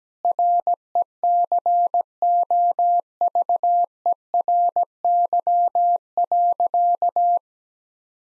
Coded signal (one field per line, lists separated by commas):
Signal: Morse code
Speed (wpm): 17 wpm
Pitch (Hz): 700 Hz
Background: none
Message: RECOVERY.